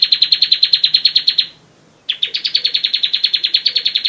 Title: Ciblek Sawah